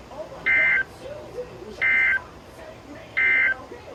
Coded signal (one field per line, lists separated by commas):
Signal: Emergency Alert System (SAME) tones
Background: speech